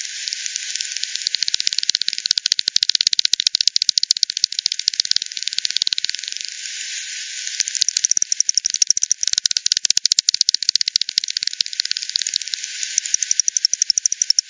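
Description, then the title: Bats giving fast, steady streams of crisp clicks that run almost unbroken, with a rattling texture throughout. Multiple bats at the Hogsmill River, Hogsmill Lane, 7 October 2020 at 18:10; recorded with frequency division (FD10), band-pass filtered and resampled. "WW bat 20201007 T 18 : 10 Z-Hogsmill-Lane-Hogsmill-River-multiple-bats"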